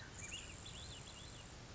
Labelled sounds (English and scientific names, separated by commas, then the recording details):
Grasshopper Sparrow (Ammodramus savannarum)
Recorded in Sonoma County, California